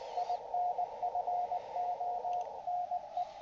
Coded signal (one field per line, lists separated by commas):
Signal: Morse code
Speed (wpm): 19 wpm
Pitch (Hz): 720 Hz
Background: radio noise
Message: IN FONE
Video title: Cross Country Wireless Sentinel 2 receiver using Sentinel SDR software